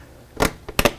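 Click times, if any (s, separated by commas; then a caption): 0.8 s. The front plastic J-clip of a leather seat cover is rolled over and pushed onto the metal seat-bottom frame of a 2009-2013 Ford F150 King Ranch/Lariat truck seat. A muffled rustling thump around 0.4 s and a faint tap near 0.7 s are followed by a sharp, bright snap at 0.8 s and a second crisp click just after. The clip snaps and locks in place on the frame.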